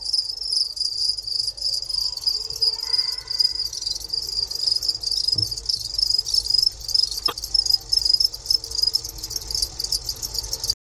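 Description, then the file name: Two-spotted cricket producing a sustained high pulsed trill with short irregular gaps, a couple of faint clicks, and a steady low background hum. Recorded at a museum in Moscow, Russia, on 3 March 2016. "Gryllus bimaculatus in Darvinovskiy museum 2016-03-03"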